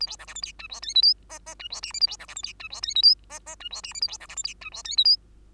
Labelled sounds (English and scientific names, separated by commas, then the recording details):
Bengalese Finch (Lonchura striata domestica) song
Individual Bird2